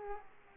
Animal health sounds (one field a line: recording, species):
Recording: mosquito wingbeat signal from an infrared sensor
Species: Aedes aegypti